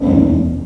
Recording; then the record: squeal of a Yucatan mini pig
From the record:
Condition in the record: after surgery on the right vocal fold (resection and tissue-engineered implant); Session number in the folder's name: 5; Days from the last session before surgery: 33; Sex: female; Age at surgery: 19 weeks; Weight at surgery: 25 kg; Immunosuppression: prednisolone